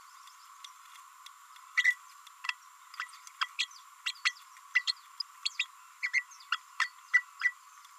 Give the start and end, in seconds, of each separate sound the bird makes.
1.84-1.96, 2.48-2.54, 2.99-3.06, 3.41-3.48, 3.58-3.67, 4.05-4.13, 4.25-4.33, 4.75-4.82, 4.87-4.92, 5.59-5.66, 6.13-6.24, 6.52-6.58, 6.80-6.89, 7.13-7.23, 7.41-7.53